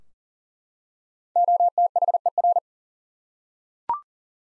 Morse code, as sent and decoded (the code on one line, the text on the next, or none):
--- - .... . .-.
OTHER